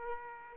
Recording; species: mosquito wingbeat signal from an infrared sensor; Aedes aegypti